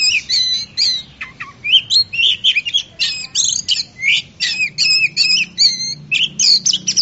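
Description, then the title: Oriental magpie-robin singing a long, nearly continuous stream of fast varied whistles, rasping notes and slurred upward sweeps, loud and energetic throughout. Song of a champion singing bird. "Kicau Burung Kacer Juara"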